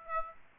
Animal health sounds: mosquito wingbeat signal from an infrared sensor; Aedes aegypti

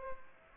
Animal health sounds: mosquito wingbeat signal from an infrared sensor; Aedes aegypti

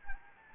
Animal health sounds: mosquito wingbeat signal from an infrared sensor; Anopheles gambiae

